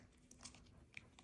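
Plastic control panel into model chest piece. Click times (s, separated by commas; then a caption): 1.0 s. A plastic control panel for a half-scale model chest piece is lined up between the previously installed buttons and pressed in. A few small plastic taps and scrapes lead up to a sharp click at 0.9 s. The panel seats into place. Wait—click time to one decimal: 0.97 rounds to 1.0. A plastic control panel for a half-scale model chest piece is lined up between the previously installed buttons and pressed in. A few small plastic taps and scrapes lead up to a sharp click at 1.0 s. The panel seats into place.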